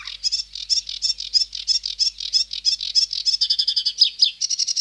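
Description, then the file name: Sedge warbler song, a dense continuous chatter of harsh rasping notes, ending in fast buzzy trills. "Sedge Warbler (Acrocephalus schoenobaenus)"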